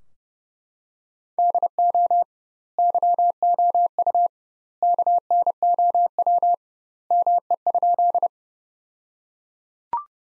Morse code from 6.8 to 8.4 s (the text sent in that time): ME?